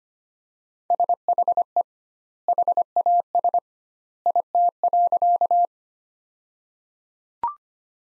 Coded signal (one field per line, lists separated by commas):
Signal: Morse code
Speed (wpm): 25 wpm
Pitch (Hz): 700 Hz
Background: none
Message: SHE HAS IT.